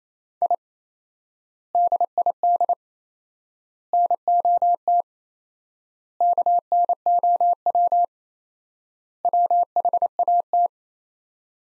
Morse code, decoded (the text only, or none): I DID NOT KNOW WHAT